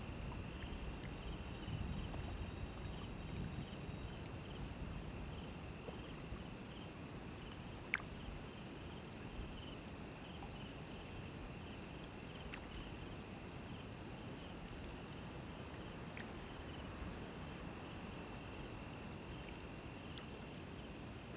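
African bush noise: steady high insect buzzing over a low rumble, with a few faint clicks and a brief sharp tick near eight seconds.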